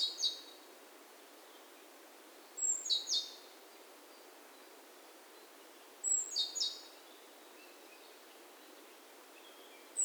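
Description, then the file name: Great tit calls: brief high chirp clusters of three sharp notes, repeated about every three to four seconds. "Parus major"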